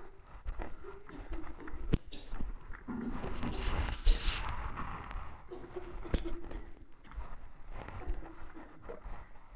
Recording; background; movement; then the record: deep breathing; a bystander coughing; walking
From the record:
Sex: male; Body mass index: 21.0 kg/m2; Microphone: on the chest, facing the body